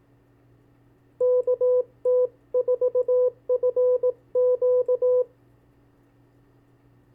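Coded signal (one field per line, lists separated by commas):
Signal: Morse code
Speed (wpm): 18 wpm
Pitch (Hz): 500 Hz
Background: none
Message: KT4FQ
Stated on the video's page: Callsign copy practice, 40 calls sent at 15 and 18 wpm.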